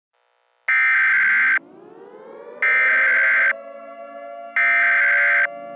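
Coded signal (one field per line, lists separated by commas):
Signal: Emergency Alert System (SAME) tones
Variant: header bursts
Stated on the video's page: Fictional scenario.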